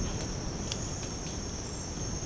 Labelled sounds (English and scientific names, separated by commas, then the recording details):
none
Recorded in secondary vegetation near Puerto Asís, Putumayo, Colombia, on 19 March 2025 at 07:00
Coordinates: 0.481, -76.318
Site G097